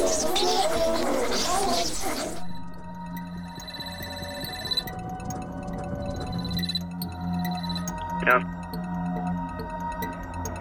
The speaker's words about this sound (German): Ich höre dich sehr schlecht. Da ist ein Rauschen in der Leitung. Verstehst du mich?